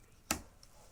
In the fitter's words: attendue le clic est déjà là j'ai même pas besoin de ce rsa